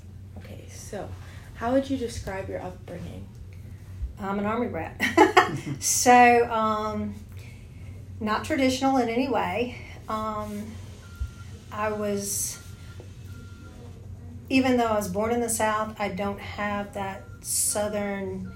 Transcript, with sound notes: Okay, so, how would you describe your upbringing?
I’m an army brat. (laughter) So, um…not traditional in any way, um…I was…even though I was born in the south, I don’t have that southern